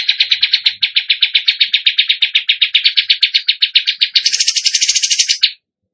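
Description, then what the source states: Bird delivering a steady run of sharp, evenly spaced chirps, rising into a higher, buzzier trill near the end. Tutor recording of a bird in full song, used for training other birds.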